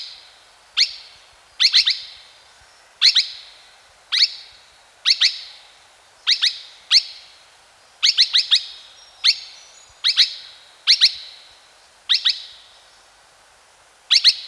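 Australian logrunner calling with single or paired sharp, high chirps, spaced about one second apart in an uneven rhythm.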